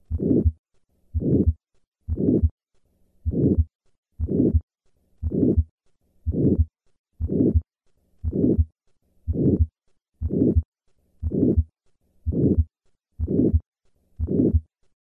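Adult heart through a stethoscope at the cardiac apex, about 59 beats per minute: a harsh, diamond-shaped systolic murmur of aortic stenosis that stops before the second heart sound. At the apex it changes in pitch but keeps its diamond shape (Gallavardin phenomenon).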